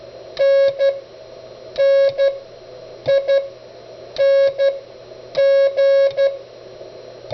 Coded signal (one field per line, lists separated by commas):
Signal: Morse code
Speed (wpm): 12 wpm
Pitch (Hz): 550 Hz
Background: none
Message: NNING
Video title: "Autologging" with the Begali CW Machine